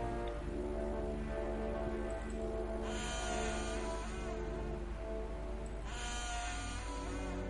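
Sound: door creaking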